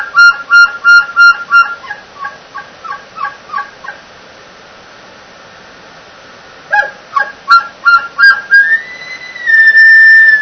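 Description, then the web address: Elk bull bugle with chuckles: rapid pulsed grunts that taper off, a pause, another burst of grunts, then a rising whistle that holds high and steady at the end. "bowsite. elkcontest elk 2001 soundfiles bull"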